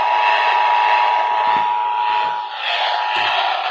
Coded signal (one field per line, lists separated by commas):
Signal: Emergency Alert System (SAME) tones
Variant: 853 and 960 Hz attention tone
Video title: WBAP IS LIGHTING STRUCK....EAS Alerts from 2/2/24 (EAS#672 & #680)